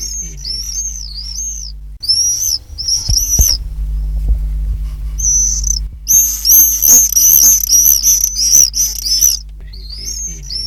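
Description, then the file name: Common swifts scream, shrill wavering buzzy notes, several birds overlapping in a dense chorus in the second half, with a low hum and some thumping noise. "apus apus"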